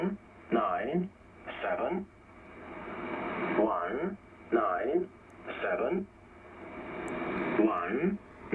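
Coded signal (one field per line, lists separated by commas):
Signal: numbers station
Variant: E07a, English male voice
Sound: a male voice reading short, evenly spaced words through steady radio hiss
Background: radio static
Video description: This is E07a "The English Man"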